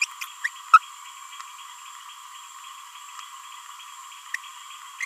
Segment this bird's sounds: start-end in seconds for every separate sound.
0.01-0.05, 0.44-0.47, 0.73-0.78, 5.02-5.05